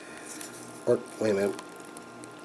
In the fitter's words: Nope, it does not snap in.